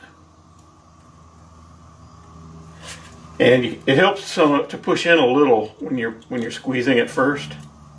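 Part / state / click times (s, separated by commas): wiring connector onto fuel injector / not seated / none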